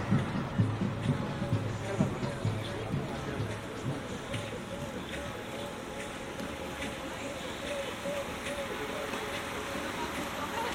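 Outdoor restaurant and bar crowd along a city street, with a dense steady murmur of many voices and some talk in the first few seconds. Clinks and short ticks pop up throughout, and a faint steady tone hums underneath the busy mix.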